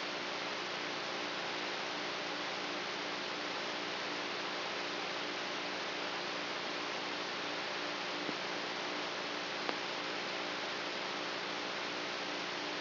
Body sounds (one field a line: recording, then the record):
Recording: brain microelectrode recording played as sound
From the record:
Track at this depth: inside the subthalamic nucleus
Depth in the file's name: 1.606 mm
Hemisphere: right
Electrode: 3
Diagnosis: Parkinson's disease